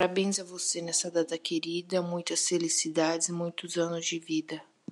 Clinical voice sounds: short text; Brazilian Portuguese; female; 30 to 39 years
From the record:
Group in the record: control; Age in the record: 31 years

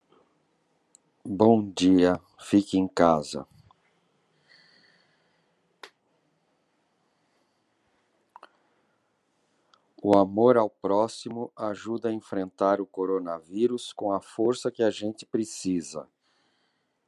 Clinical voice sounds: spoken sentence; Brazilian Portuguese; male; 60 to 69 years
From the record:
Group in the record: control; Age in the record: 60 years

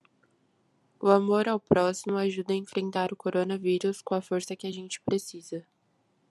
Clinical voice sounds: spoken sentence; Brazilian Portuguese; female; 20 to 29 years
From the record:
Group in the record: control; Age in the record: 23 years

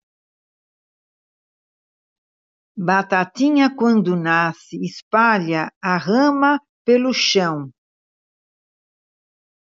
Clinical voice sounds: short text; Brazilian Portuguese; female; 70 to 79 years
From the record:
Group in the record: control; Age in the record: 74 years

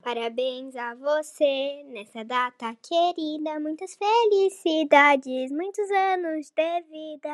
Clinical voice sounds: short text; Brazilian Portuguese; female; 40 to 49 years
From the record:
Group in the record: control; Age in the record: 43 years

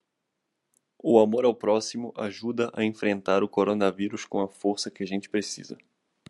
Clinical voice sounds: spoken sentence; Brazilian Portuguese; male; 20 to 29 years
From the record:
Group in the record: control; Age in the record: 21 years

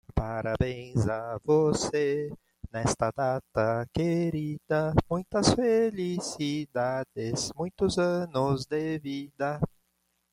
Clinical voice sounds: short text; Brazilian Portuguese; male; 40 to 49 years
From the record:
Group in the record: control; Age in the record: 47 years

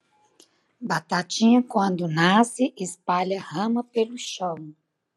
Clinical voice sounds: short text; Brazilian Portuguese; female; 50 to 59 years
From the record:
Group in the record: control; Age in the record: 56 years

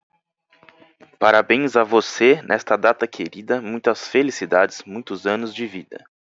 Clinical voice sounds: short text; Brazilian Portuguese; male; 30 to 39 years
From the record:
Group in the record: control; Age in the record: 30 years

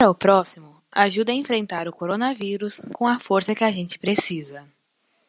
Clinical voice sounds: spoken sentence; Brazilian Portuguese; female; 20 to 29 years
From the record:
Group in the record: control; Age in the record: 23 years

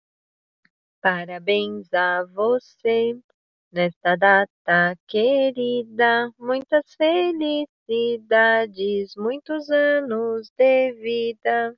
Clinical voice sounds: short text; Brazilian Portuguese; female; 30 to 39 years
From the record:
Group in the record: control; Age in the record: 31 years

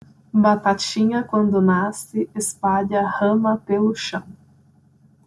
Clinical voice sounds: short text; Brazilian Portuguese; female; 20 to 29 years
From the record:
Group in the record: control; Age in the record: 23 years

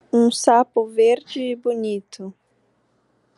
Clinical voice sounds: short text; Brazilian Portuguese; female; 18 to 19 years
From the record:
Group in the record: control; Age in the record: 19 years

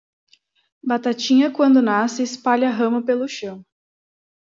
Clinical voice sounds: short text; Brazilian Portuguese; female; 20 to 29 years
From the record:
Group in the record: control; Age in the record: 26 years

